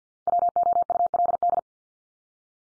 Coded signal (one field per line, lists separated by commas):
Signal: Morse code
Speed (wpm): 50 wpm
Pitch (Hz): 700 Hz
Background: none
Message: WOULD